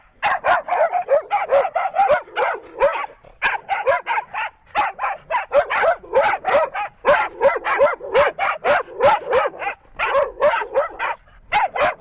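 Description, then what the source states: Dogs bark in a dense, nearly continuous run of sharp yapping notes over twelve seconds, with only brief gaps between bursts. Dogs at the top of a steep hill.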